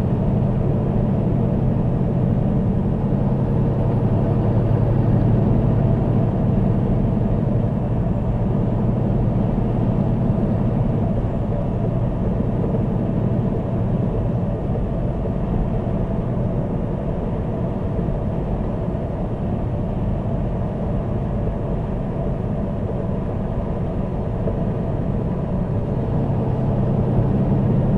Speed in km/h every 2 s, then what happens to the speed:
105, 106, 108, 111, 111, 111, 111, 111, 108, 108, 106, 105, 105, 105.
0-5 speeds up to 111. 5-28 steady at about 108.